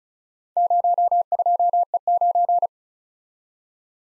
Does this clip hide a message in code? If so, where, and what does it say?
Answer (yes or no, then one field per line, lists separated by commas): yes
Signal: Morse code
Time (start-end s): 0.6-2.7 s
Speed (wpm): 34 wpm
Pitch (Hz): 700 Hz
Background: none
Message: 02E9